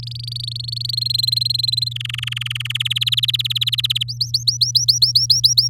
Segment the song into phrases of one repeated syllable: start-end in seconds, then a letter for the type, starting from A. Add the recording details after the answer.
0.00-0.91 A, 0.93-1.93 B, 1.95-2.72 C, 2.74-4.03 D, 4.08-5.68 E. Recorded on 7 May 2018 at 09:31. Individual llb16